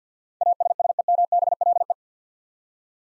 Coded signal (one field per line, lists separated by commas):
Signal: Morse code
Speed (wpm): 50 wpm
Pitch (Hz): 700 Hz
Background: none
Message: ASSEMBLE